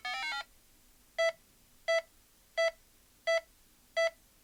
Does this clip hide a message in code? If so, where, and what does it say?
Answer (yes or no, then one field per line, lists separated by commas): no